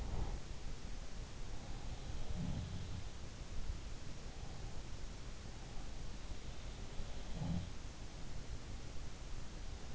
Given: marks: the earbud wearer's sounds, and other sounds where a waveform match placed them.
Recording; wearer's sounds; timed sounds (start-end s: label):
sounds in sleep by an in-ear microphone; breath
0.00-0.64 s: breath
2.24-2.97 s: sound from someone else or the room
7.00-7.81 s: sound from someone else or the room